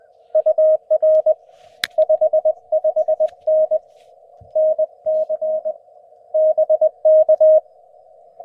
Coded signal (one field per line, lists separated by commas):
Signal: Morse code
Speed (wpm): 21 wpm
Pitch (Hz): 590 Hz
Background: none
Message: UR 55N NC BK